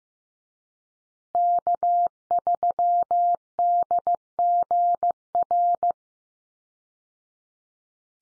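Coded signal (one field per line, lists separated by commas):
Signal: Morse code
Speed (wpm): 15 wpm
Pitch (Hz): 700 Hz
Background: none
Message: K3DGR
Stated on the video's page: Call sign head-copy Morse drill at 15 wpm, each call sign sent three times, then spoken, then sent again.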